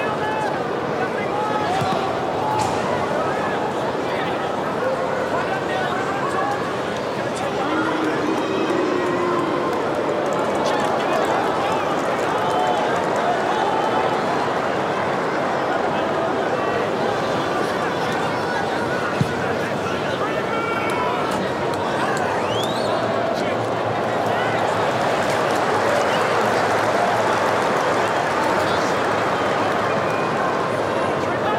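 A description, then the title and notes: A rugby league crowd keeps up a dense, steady roar of overlapping voices and chatter. The level holds nearly constant throughout, swelling slightly in the last few seconds. One short, sharp knock stands out at about 19 seconds. Sounds of Rugby League. No commentators, just crowd and the sound of human collision.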